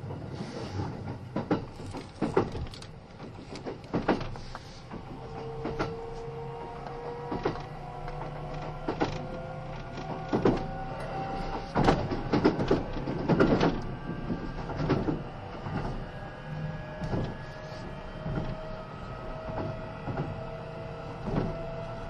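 A Kintetsu 80000 series Hinotori train runs under a steady low rumble, with a thin motor whine that slowly climbs in pitch across the clip. Sharp clicks and thumps break through irregularly, several every few seconds, clustering around the middle.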